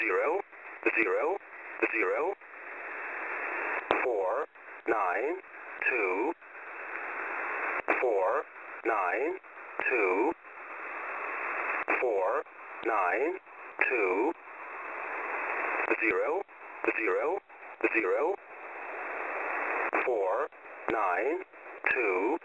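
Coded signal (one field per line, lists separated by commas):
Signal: numbers station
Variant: E07 English Man, English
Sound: male voice reading short, evenly spaced words, likely numbers, separated by bursts of radio hiss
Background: radio static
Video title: "English Man" number station at 14972 kHz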